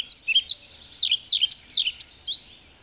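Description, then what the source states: European Pied Flycatcher giving one brisk phrase of many high, bright notes alternating in pitch with a bouncing rhythm. Field recording from Finland, released on cassette in 1987.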